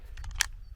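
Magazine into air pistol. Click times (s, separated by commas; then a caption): 0.4 s. With the lever pulled back, a loaded magazine is slotted back into a Snowpeak Defender .50 air pistol and the lever is released. A few faint ticks at 0.2, 0.2 and 0.3 seconds lead up to one sharp, bright snap at 0.4 seconds. The magazine seats home.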